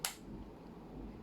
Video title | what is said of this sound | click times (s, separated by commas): Lego Assault Rifle : M4 MKIII | If you heard that, that means it's locked. | 0.1 s